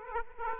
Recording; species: mosquito wingbeat signal from an infrared sensor; Aedes aegypti